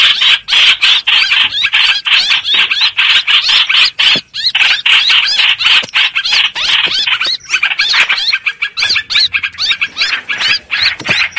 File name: Tieng chim trao trao keu cuu goi bay